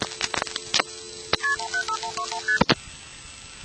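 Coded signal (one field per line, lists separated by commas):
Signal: multi-frequency trunk signalling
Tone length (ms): 90 ms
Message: KP15121ST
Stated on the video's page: Vintage 1960s–1980s Bell System and GTE telephone network sounds, including 2600 Hz trunk tones, dial tones and busy signals.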